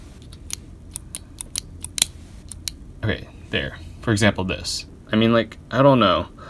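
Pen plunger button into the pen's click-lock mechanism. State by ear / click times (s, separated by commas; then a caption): not seated / none. The plunger button of a Nottingham Tactical titanium clicker pen is pressed repeatedly into its click-lock mechanism, giving a series of sharp, light clicks from about 0.5 to 2.7 seconds, after which someone talks. The mechanism sticks and the pen has not locked into the extended position.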